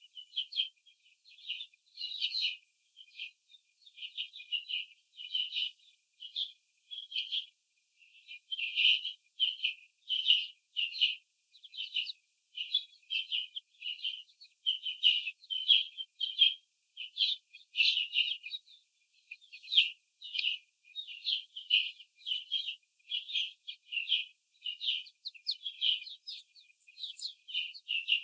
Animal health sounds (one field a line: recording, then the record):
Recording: young laying hens in a cage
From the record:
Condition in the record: after the stressor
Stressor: simulated dog barking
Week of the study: 4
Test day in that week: 3